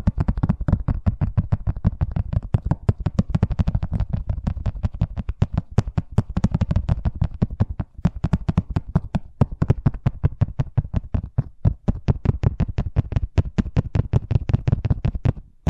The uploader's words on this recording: ASMR Braingasm Inducing Fast Tapping (No Talking).